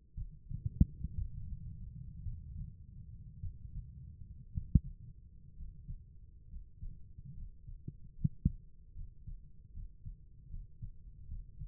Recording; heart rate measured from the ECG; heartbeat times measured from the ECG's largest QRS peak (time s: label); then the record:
heart sounds by stethoscope; 65 bpm
0.14 s: heartbeat
1.15 s: heartbeat
2.23 s: heartbeat
3.39 s: heartbeat
4.50 s: heartbeat
5.55 s: heartbeat
6.48 s: heartbeat
7.34 s: heartbeat
8.16 s: heartbeat
8.94 s: heartbeat
9.72 s: heartbeat
10.49 s: heartbeat
11.27 s: heartbeat
From the record:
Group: healthy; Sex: female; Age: 36 years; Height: 163 cm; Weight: 88 kg